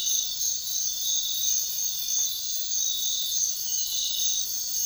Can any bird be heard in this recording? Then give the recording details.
no. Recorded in dense forest near Puerto Asís, Putumayo, Colombia, on 4 March 2025 at 05:00. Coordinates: 0.500, -76.322. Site GP06